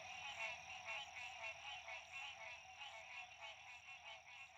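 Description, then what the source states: Frogs calling in a soft, massed chorus, the trilled notes swelling and fading about twice each second. Frogs at dusk, La Rue PH, Illinois.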